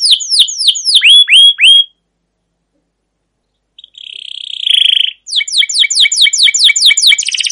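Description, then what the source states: Canary song with rapid sweeping chirps, a silent gap, a buzzy trill, then quick repeated whistled notes in a steady run. Long rolling 'ngerol' gacor canary song with 'cuit cuit' notes, used as a lure or master recording to train and stimulate other canaries.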